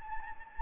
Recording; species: mosquito wingbeat signal from an infrared sensor; Anopheles gambiae